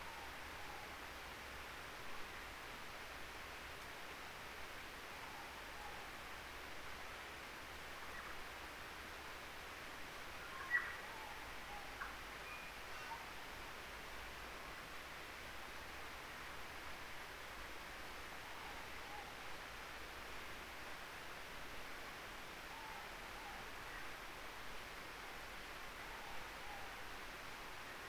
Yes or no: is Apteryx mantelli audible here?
no